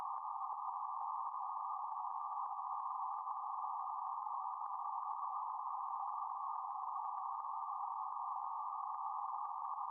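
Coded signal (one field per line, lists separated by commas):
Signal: PSK31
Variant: BPSK31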